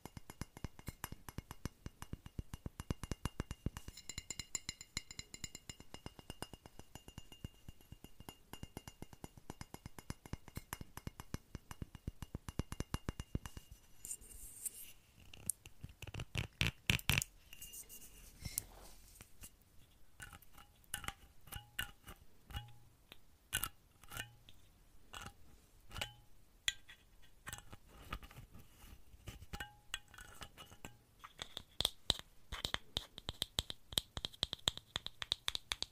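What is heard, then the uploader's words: Glass bottle, duct tape, safety pins and a seashell are handled in a string of close-up triggers. A dense run of sharp clicks and taps fills the first fourteen seconds. After that come sparser tapping and rattling with scattered bright metallic clinks. Random Triggers | No Talking | Binaural. I use a glass bottle, duct tape, a bag of safety pins, and a seashell to achieve some lovely, tingly sounds.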